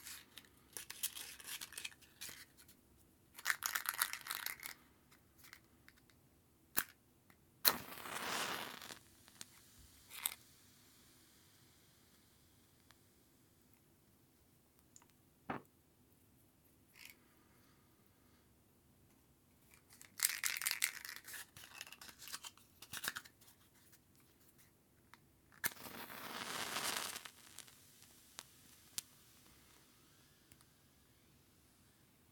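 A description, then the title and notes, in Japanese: Matches are struck one after another, each a short bright scrape and flare, about every few seconds over a low steady hum. マッチを擦る音（Binaural）- The sound of strike a match。一箱のマッチを擦りました。小さな火がつく音がとても良いです。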